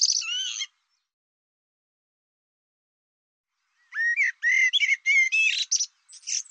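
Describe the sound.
Bird makes a short high chattering phrase, pauses about three seconds, then gives a longer series of rapid, upward-slurred chirps.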